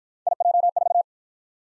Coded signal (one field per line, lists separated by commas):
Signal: Morse code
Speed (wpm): 50 wpm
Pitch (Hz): 700 Hz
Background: none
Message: IJ4